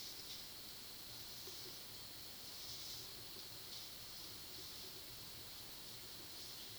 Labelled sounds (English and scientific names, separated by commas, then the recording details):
none
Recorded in pastures near Puerto Asís, Putumayo, Colombia, on 21 February 2024 at 16:00
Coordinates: 0.497, -76.327
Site G7276